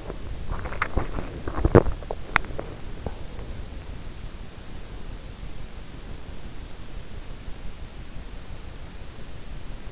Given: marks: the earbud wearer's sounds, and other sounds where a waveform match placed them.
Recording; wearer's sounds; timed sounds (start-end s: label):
sounds in sleep by an in-ear microphone; body movement
0.00-3.72 s: body movement